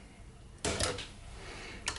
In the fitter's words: And it just snaps into place like that.